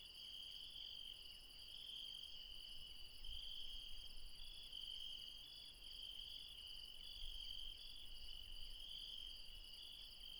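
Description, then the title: Insect chorus of high steady trills, multiple callers overlapping, with a low rumble in the background. Late night in the mountains at Refuge Krevatia, Barbala, near Dion, Greece. "Refuge Krevatia, Μπαρμπαλά, Dion 601 00, Greece - Late night mountain insects"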